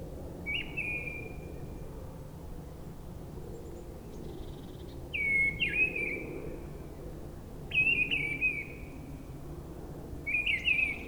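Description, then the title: Mistle Thrush giving clear whistled song phrases, each short and slightly warbling, four phrases separated by pauses of a few seconds, faint low noise beneath. Singing high in a treetop at forest edge, Brison-Saint-Innocent, France; Sunday, grey weather, 10°C. "Brison-Saint-Innocent, France - Grive draine"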